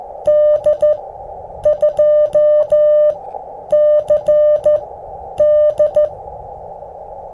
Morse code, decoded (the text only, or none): D2CD